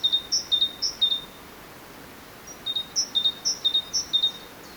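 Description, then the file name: Great tit repeating sharp high-low note pairs in two phrases of several repeats each, with steady faint hiss behind. "Parus major"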